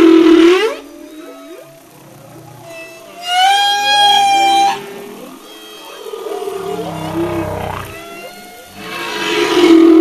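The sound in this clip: Humpback whale song: a loud moan, then drawn-out high whistled tones with rattling overtones, soft low grunts, and another loud moan at the close.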